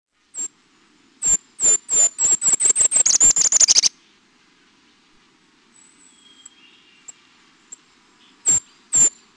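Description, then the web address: Golden-crowned Kinglet song: a string of very high, thin notes that quickens into a fast run, then silence before a few more isolated high notes. "Peterson North American Birds iso sound gcki"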